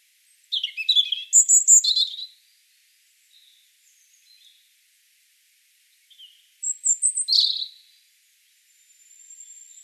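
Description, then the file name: European robin singing two brief, high, liquid phrases of tinkling and warbled notes with a long pause between, a few faint notes in the gap, and a thin sustained whistle at the end. "Erithacus rubecula"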